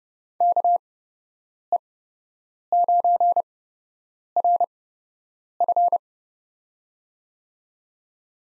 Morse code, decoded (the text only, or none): KE9RF